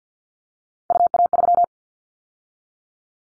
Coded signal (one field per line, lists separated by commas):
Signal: Morse code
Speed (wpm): 50 wpm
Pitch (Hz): 700 Hz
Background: none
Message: UA3